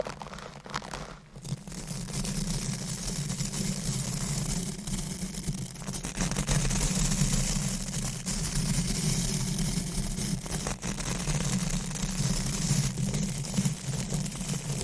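Deep scratching, brushing and stroking on a microphone makes a dense, rumbling rub with a strong low throb and a gritty hiss above it. The texture stays fairly steady throughout, with a brief drop just after the first second and scattered sharper scrapes.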